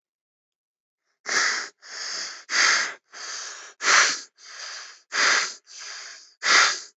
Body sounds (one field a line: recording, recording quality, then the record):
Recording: shallow breathing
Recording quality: excellent, no background noise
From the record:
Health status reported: respiratory illness, not identified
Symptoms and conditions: cold, breathing difficulty, sore throat, muscle pain, another respiratory illness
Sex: male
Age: 21 years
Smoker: no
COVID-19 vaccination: both doses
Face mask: worn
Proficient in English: yes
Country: India